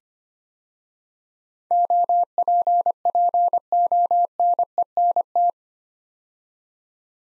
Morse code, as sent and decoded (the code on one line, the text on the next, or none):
--- .--. .--. --- -. . -. -
OPPONENT